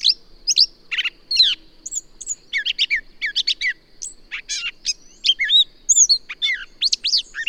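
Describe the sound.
Bird song of loud chirps and quick descending whistles in short bursts, some notes clustered into rapid trills, with steady background hiss.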